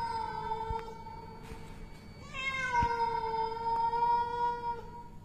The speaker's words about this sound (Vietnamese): Nhưng chưa kịp nói gì thì một tiếng mèo kêu nghe rùng mình, lạnh lẽo vang lên.